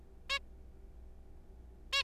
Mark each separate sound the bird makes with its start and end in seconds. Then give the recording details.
0.30-0.39, 1.93-2.02. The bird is a juvenile. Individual R3428